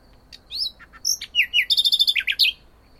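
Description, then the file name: Common nightingale singing a varied phrase: high whistles and sweeping notes, a quick trill of repeated notes, then a few descending slurred notes. "Luscinia megarhynchos"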